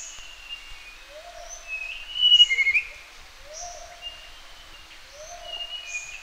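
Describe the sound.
Sulawesi blue flycatcher singing, with one loud, quick warbled phrase among softer phrases, a low soft whistle repeating about every two seconds and thin high notes.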